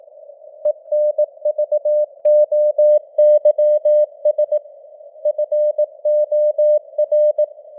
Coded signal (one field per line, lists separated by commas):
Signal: Morse code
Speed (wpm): 18 wpm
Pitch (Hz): 600 Hz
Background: none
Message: ENVOYS FOR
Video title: Morse Code News | 2026-01-21 | 18wpm